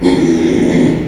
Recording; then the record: squeal of a Yucatan mini pig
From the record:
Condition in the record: after surgery on the right vocal fold (resection and tissue-engineered implant); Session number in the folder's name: 2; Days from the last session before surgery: 13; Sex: male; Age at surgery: 12 weeks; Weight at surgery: 13 kg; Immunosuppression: cyclosporine, prednisolone